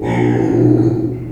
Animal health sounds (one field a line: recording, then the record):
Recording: squeal of a Yucatan mini pig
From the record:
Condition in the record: before surgery on the right vocal fold (resection and tissue-engineered implant)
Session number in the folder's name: 1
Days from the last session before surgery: -21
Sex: female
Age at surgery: 19 weeks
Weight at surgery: 25 kg